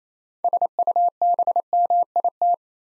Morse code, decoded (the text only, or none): SUBMIT